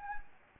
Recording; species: mosquito wingbeat signal from an infrared sensor; Anopheles gambiae